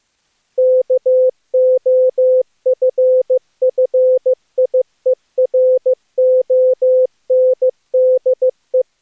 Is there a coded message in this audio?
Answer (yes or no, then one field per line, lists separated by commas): yes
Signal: Morse code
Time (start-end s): 0.6-8.8 s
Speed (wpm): 18 wpm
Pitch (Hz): 510 Hz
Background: none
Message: KOFFIERONDE